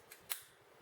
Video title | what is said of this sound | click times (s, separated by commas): Heldenklang Microphone Stand With Boom Arm HD-M-071 🎤 (Unboxing, Setup & Review) | and you should hear it snap okay | 0.3 s